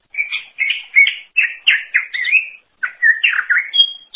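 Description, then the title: Greater green leafbird song of quick slurred whistles and harsher chattering notes in a rapid sequence, ending with a clear high whistle. "Cucak ijo"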